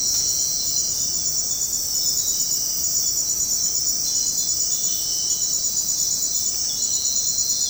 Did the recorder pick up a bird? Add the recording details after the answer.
no. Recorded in dense forest near Puerto Asís, Putumayo, Colombia, on 21 February 2024 at 02:30. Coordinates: 0.503, -76.322. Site G6418